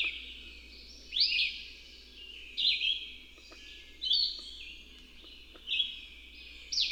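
Bird song: high, sweeping chirps delivered about every second and a half, with a few soft clicks and a low steady hum beneath.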